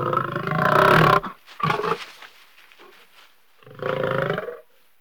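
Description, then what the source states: Lion growling in rough, pulsing bursts: a long rumbling growl, a brief second growl, then a quieter pause before a third growl near the end. Lion growling while pacing.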